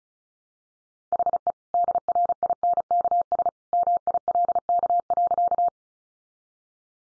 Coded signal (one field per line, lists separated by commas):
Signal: Morse code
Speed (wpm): 34 wpm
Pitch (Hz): 700 Hz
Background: none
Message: HE DRINKS MILK.